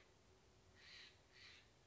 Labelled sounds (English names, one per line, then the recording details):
Steller's Jay
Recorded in Sonoma County, California